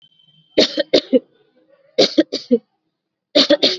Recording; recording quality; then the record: heavy voluntary cough; excellent, no background noise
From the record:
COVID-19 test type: RT-PCR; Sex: female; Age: 24 years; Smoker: no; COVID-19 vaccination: both doses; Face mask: worn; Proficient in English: yes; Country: India